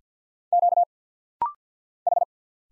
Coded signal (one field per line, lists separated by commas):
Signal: Morse code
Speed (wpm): 50 wpm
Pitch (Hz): 700 Hz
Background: none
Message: Q H